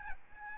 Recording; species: mosquito wingbeat signal from an infrared sensor; Aedes albopictus